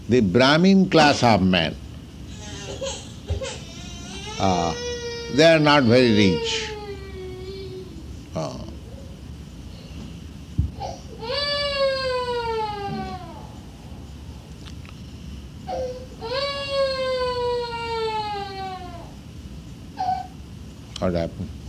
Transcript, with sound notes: the brāhmaṇa class of men, they are not very rich. [baby starts crying] Oh. What happened?